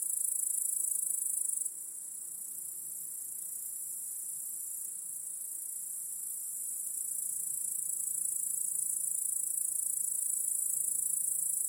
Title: Crickets in Your Backyard. Discovering the Sounds of Home